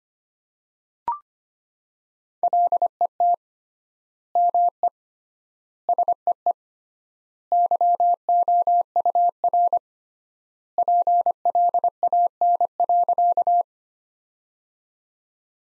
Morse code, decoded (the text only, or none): LET ME SEE YOUR PLAN.